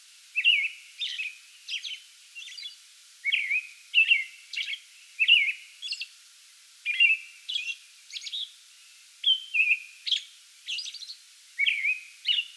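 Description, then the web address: American robin caroling with a steady series of short whistled phrases broken by high thin notes, continuing without stopping. Pre-dawn song bout recorded 8 May 2022. "soundrecordings 2022-05-08 American Robin pre-dawn song bout"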